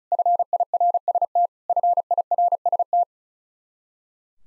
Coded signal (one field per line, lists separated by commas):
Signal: Morse code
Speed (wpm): 34 wpm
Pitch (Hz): 700 Hz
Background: none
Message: FIRST FIRST